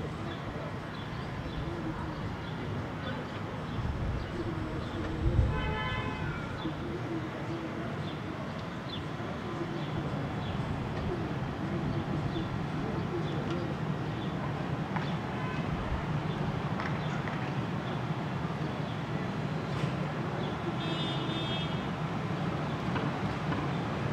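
Outdoor ambience from a city rooftop: a dense, steady wash of traffic and voices fills the low and middle range. Brief bird chirps or squeaks stand out near 5 seconds and again around 21 seconds, with a soft thump just after 5 seconds.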